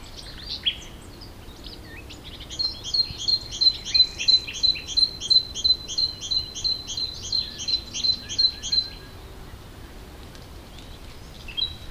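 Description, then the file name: Great tit giving a long, regular run of high, clipped notes, about three per second, after a few scattered opening calls. "Parus major"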